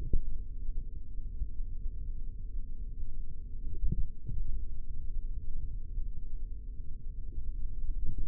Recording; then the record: forearm muscle sounds (acoustic myography)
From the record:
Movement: finger pinch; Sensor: system 3, bracelet of six PUI Audio POM-2738L microphones around the upper forearm, with dedicated amplification and filtering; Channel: 4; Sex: male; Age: 43 years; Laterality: right